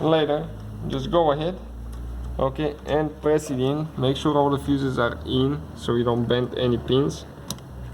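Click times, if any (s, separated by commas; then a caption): 7.5 s. A blade fuse for the fuel injectors is pressed into the plastic fuse box of a BMW E90/E91/E92/E93 while someone talks. A short, sharp click at 7.5 s marks the fuse seating fully home.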